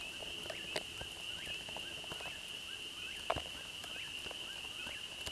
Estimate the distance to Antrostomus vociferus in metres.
about 50 m